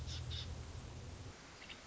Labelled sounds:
Nuttall's Woodpecker
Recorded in Sonoma County, California

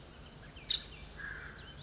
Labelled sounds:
Nuttall's Woodpecker
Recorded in Sonoma County, California

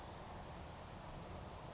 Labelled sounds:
California Towhee
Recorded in Sonoma County, California

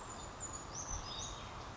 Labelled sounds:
Brown Creeper
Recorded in Sonoma County, California

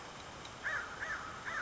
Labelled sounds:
American Crow
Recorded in Sonoma County, California

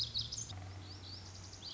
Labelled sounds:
Lazuli Bunting
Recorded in Sonoma County, California

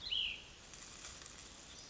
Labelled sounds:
Cassin's Vireo
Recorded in Sonoma County, California

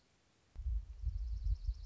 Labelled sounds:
Dark-eyed Junco
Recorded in Sonoma County, California

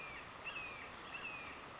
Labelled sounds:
Red-shouldered Hawk
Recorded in Sonoma County, California

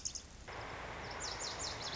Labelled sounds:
Lazuli Bunting
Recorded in Sonoma County, California

